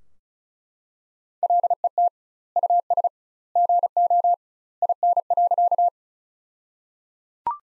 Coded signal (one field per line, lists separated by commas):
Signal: Morse code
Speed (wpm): 36 wpm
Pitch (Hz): 700 Hz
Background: none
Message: LET US GO IN.